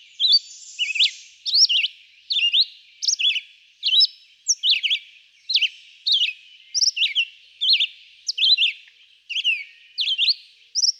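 Red-eyed vireo singing brisk, varied whistled phrases, each slurring up or down, repeated more than once a second without letup.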